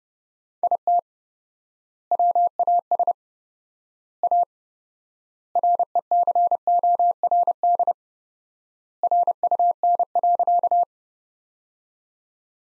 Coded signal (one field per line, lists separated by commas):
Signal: Morse code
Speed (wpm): 30 wpm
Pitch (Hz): 700 Hz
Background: none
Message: IT WAS A RECORD RUN.